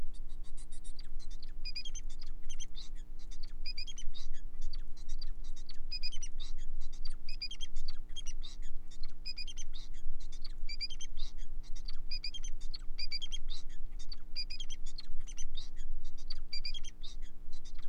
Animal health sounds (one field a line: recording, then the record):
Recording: song of a male Bengalese finch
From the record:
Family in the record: son of father 4